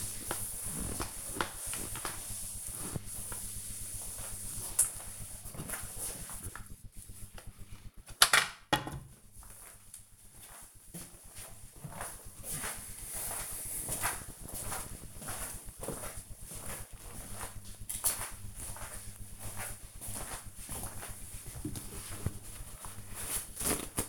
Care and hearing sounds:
household activities, microphone on the right wrist
0.00-7.31 s: floor cleaning
22.40-24.09 s: window cleaning

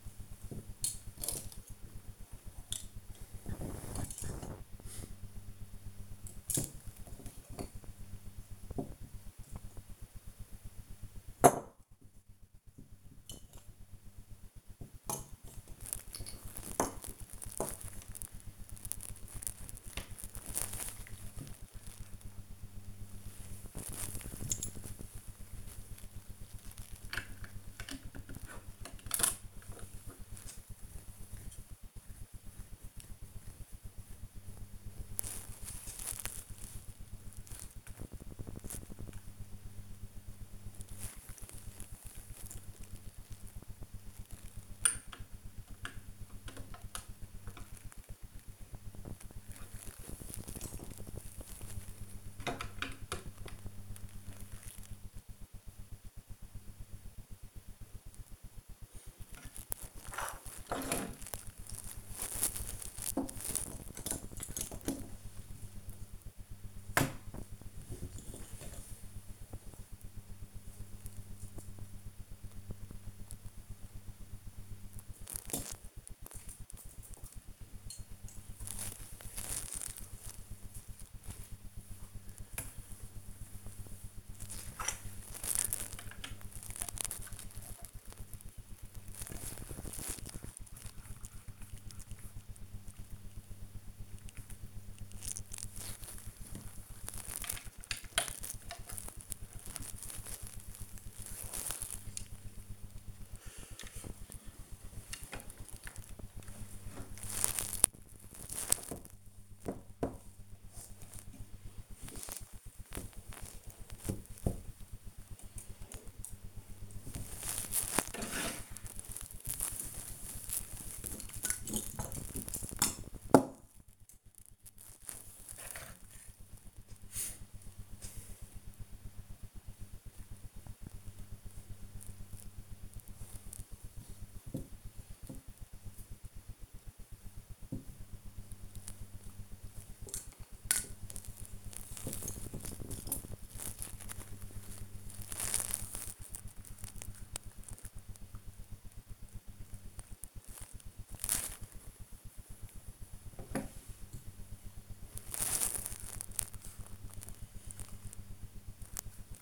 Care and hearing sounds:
household activities, microphone on the right wrist
0.00-73.48 s: building with lego
77.49-159.42 s: building with lego

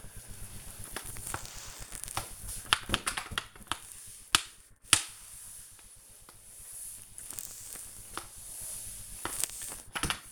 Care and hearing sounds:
household activities, microphone on the right wrist
0.00-10.32 s: floor cleaning

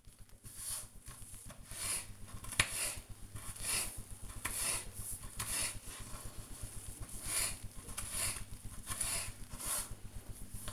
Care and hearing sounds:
household activities, microphone on the right wrist
0.00-10.73 s: cutting vegetables

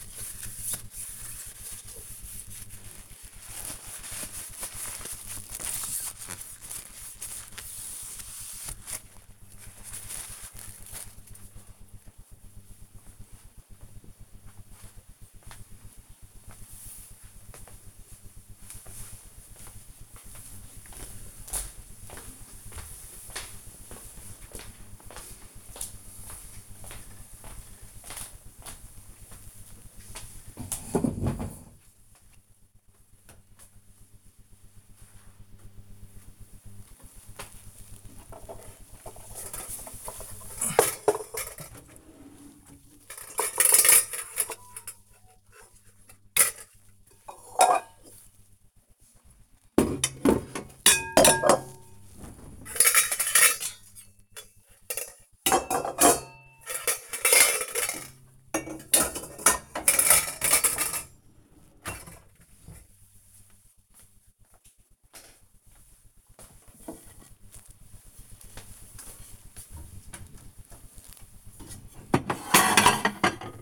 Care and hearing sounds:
household activities, microphone on the right wrist
0.00-14.35 s: window cleaning
36.53-73.62 s: putting away the dishes

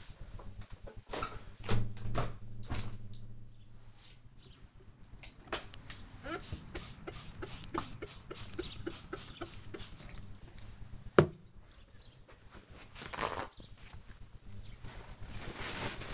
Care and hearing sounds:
household activities, microphone on the right wrist
0.00-16.14 s: window cleaning

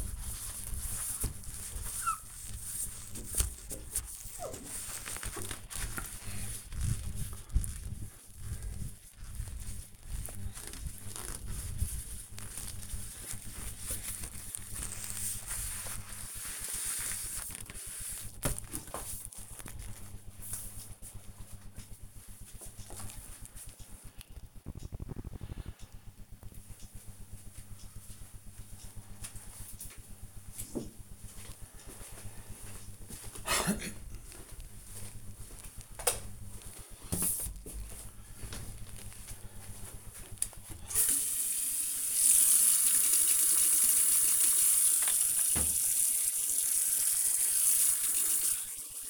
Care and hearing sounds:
household activities, microphone on the right wrist
0.00-18.22 s: window cleaning
40.35-49.10 s: brushing teeth

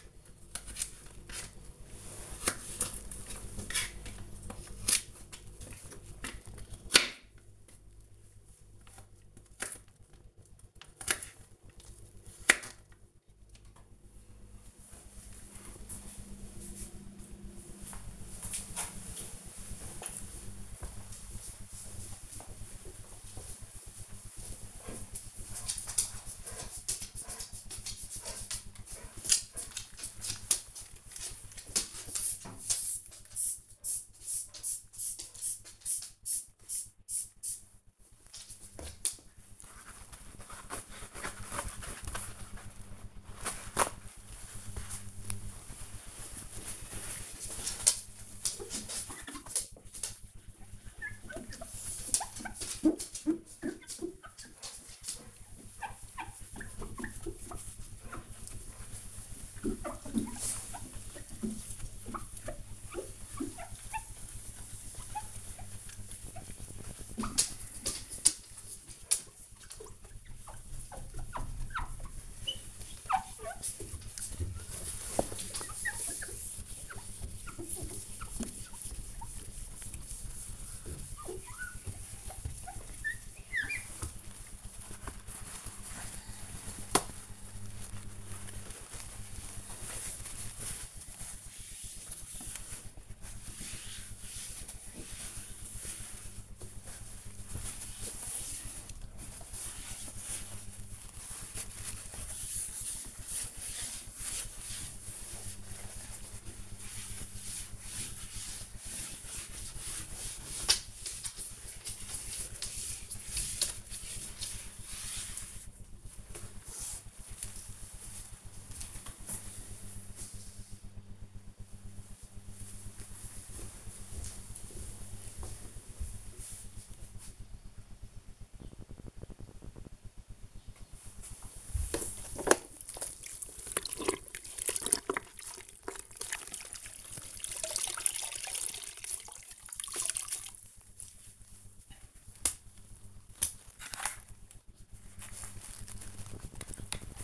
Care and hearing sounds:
household activities, microphone on the right wrist
0.00-13.08 s: cutting vegetables
28.20-115.84 s: window cleaning
129.96-147.24 s: floor cleaning

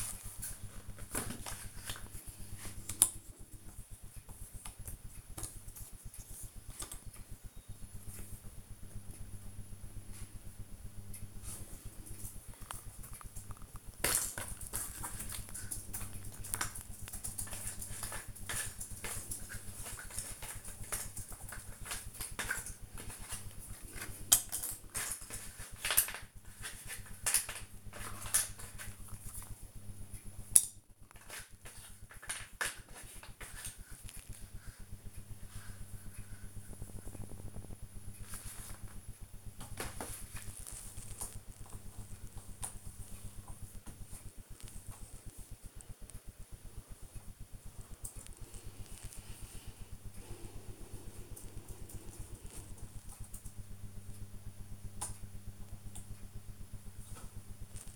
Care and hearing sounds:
household activities, microphone on the right wrist
0.00-57.96 s: doing a puzzle

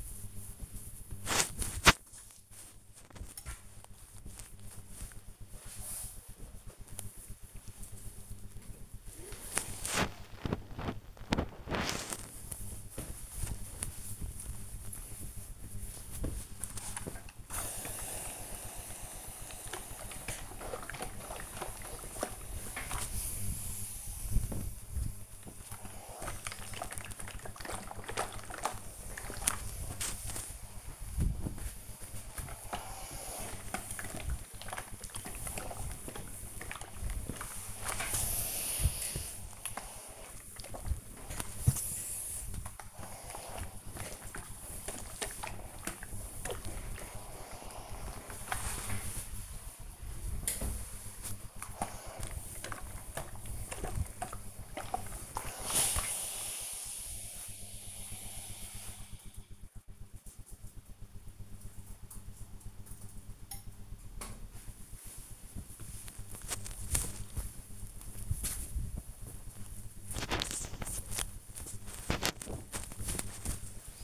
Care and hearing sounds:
household activities, microphone on the right wrist
0.00-5.79 s: folding laundry
7.79-57.94 s: ironing laundry
63.96-74.04 s: folding laundry

